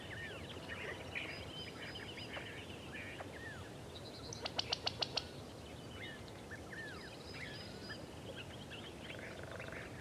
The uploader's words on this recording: The Blue Oaks of Sequoia. The blue oak woodlands in Sequoia National Park in California. A multitude of creatures, great and small, amid the sonic grandeur of nature.